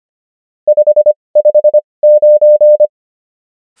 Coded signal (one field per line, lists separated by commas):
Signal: Morse code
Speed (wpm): 25 wpm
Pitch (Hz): 600 Hz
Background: none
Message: 559